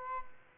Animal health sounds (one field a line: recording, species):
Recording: mosquito wingbeat signal from an infrared sensor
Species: Aedes albopictus